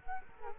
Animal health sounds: mosquito wingbeat signal from an infrared sensor; Culex quinquefasciatus

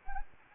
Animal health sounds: mosquito wingbeat signal from an infrared sensor; Anopheles gambiae

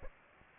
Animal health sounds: mosquito wingbeat signal from an infrared sensor; Aedes aegypti

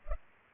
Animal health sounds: mosquito wingbeat signal from an infrared sensor; Culex pipiens

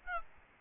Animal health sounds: mosquito wingbeat signal from an infrared sensor; Aedes albopictus

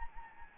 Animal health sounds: mosquito wingbeat signal from an infrared sensor; Anopheles gambiae

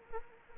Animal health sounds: mosquito wingbeat signal from an infrared sensor; Anopheles arabiensis

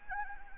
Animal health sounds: mosquito wingbeat signal from an infrared sensor; Anopheles gambiae

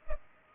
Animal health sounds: mosquito wingbeat signal from an infrared sensor; Culex pipiens

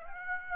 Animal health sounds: mosquito wingbeat signal from an infrared sensor; Aedes aegypti

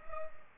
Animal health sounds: mosquito wingbeat signal from an infrared sensor; Culex pipiens

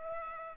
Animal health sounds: mosquito wingbeat signal from an infrared sensor; Aedes aegypti

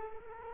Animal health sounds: mosquito wingbeat signal from an infrared sensor; Culex quinquefasciatus

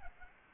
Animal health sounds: mosquito wingbeat signal from an infrared sensor; Aedes albopictus

